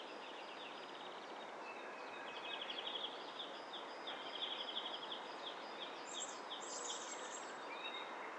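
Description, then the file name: Common nightingale calls: rapid repeated notes in mid-high trills, later followed by higher, brief whistled phrases, all over a constant background hiss. "Luscinia megarhynchos"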